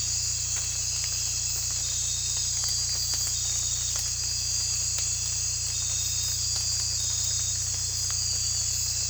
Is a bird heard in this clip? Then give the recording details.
no. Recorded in dense forest near Puerto Asís, Putumayo, Colombia, on 16 December 2024 at 03:00. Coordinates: 0.467, -76.328. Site GP05